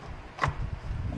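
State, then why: Seated. A hose quick-connect is pushed back onto its fitting on the new cold air intake of a 2025 Jeep Gladiator. It snaps on with a sharp click at 0.4 s, standing out above low background rumble. The connector is confirmed seated.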